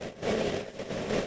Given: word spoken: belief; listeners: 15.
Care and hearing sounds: one English word in noise, from a listening test; noise modulated by three-talker babble; -5.5 dB; 5 of 15; 7 of 15; 0.88 s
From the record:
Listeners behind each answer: 7, 5, 1, 1, 1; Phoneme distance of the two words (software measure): 20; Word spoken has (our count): 2 syllables, 5 phonemes, stress on syllable 2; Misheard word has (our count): 2 syllables, 5 phonemes, stress on syllable 2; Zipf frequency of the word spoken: 4.27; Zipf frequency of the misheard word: 4.26

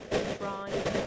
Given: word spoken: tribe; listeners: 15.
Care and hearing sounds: one English word in noise, from a listening test; noise modulated by three-talker babble; -5.0 dB; 0 of 15; 6 of 15; 0.67 s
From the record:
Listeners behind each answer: 6, 3, 3, 1, 1, 1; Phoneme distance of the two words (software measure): 7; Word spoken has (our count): 1 syllable, 4 phonemes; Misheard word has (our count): 1 syllable, 3 phonemes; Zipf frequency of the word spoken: 3.69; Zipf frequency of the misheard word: 5.65

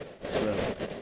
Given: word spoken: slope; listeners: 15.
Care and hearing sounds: one English word in noise, from a listening test; noise modulated by three-talker babble; -3.2 dB; 0 of 15; 7 of 15; 0.62 s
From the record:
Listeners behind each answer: 7, 2, 1, 1, 1, 1, 1, 1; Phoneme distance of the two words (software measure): 7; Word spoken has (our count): 1 syllable, 4 phonemes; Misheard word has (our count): 1 syllable, 3 phonemes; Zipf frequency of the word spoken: 3.88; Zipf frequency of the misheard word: 4.81

